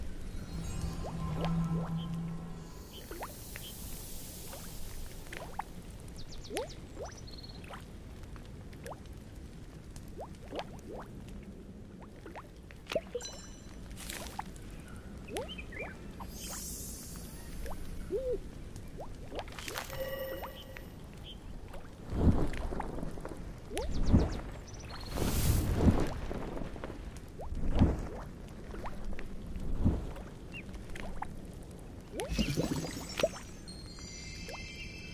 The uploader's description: sounds of magic objects, bubbling potion, bottle clink, magic wand casting spell, owl hooting